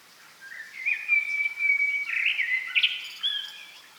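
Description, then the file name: Common blackbird song, a drawn-out fluty whistled phrase, steady then wavering, finished with a brief squeaky flourish; soft hiss behind. "Turdus merula"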